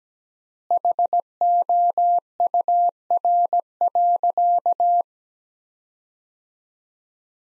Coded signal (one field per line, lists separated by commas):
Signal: Morse code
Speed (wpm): 17 wpm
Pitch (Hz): 700 Hz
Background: none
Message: HOUR.